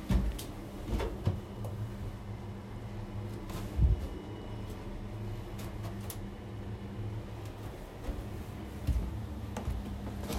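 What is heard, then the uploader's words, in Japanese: Furniture is moved while cleaning up, with a steady low hum under scattered knocks and thumps, the loudest near the start, four seconds and nine seconds. 掃除と片付け。机とソファの位置を変える。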